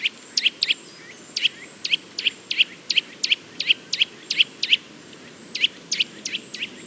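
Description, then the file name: Eurasian nuthatch repeating short, sharp high call notes at an uneven pace, some in quick pairs, over soft background hiss. "Sitta europaea"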